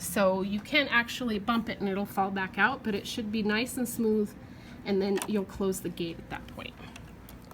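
Someone talks while handling the hook retaining gate on a sewing machine, with the part sitting smoothly in place and the gate not yet closed. A couple of faint, brief handling sounds come near the end, at about 7.3 and 7.5 seconds. The gate has not latched and nothing has seated yet.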